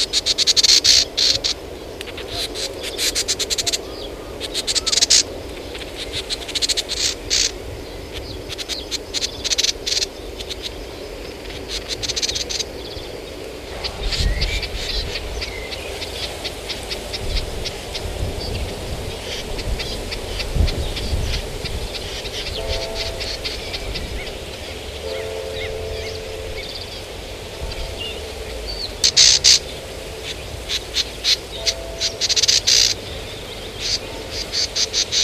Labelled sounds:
Eurasian Reed Warbler (Acrocephalus scirpaceus) call

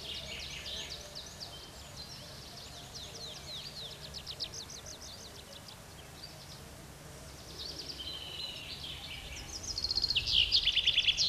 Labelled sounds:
Common Chaffinch (Fringilla coelebs) song

